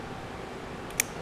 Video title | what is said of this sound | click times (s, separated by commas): Why we use two stop pins | just has this kind of thunk at the end whereas the other ones had this click click because | 1.0 s